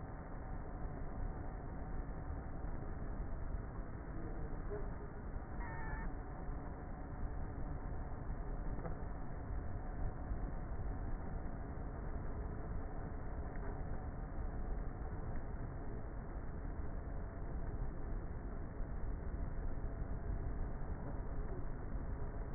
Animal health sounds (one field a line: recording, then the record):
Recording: honeybee colony, microphone inside the hive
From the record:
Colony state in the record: queenless with a low population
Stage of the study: before two queens were removed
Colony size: about 30,000 bees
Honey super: no